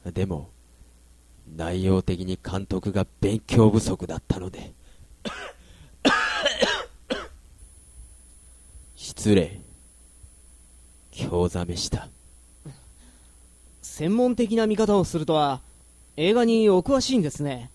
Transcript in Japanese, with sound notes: でも、内容的に監督が勉強不足だったので （咳き込む） 失礼、興ざめした。
専門的な見方をするとは、映画にお詳しいんですね。